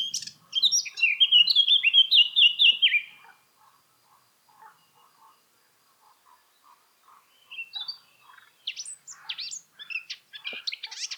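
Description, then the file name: Eurasian blackcap song: a loud run of clear, fluty whistled notes slurring downward for about three seconds, then soft scattered low notes and a burst of thin, high twittering. "Sylvia atricapilla"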